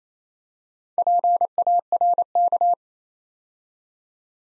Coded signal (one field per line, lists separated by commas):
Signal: Morse code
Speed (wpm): 27 wpm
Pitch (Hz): 700 Hz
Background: none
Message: PARK